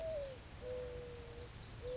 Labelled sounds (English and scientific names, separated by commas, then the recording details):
Mourning Dove (Zenaida macroura)
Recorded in Sonoma County, California